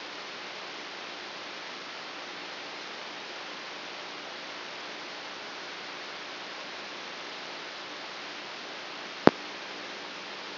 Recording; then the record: brain microelectrode recording played as sound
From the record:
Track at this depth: inside the subthalamic nucleus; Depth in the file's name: 4.002 mm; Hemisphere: left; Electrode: 2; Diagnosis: Parkinson's disease